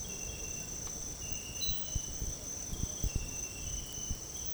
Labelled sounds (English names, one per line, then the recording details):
none
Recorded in dense forest near Puerto Asís, Putumayo, Colombia, on 29 June 2025 at 06:00
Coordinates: 0.503, -76.323
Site G059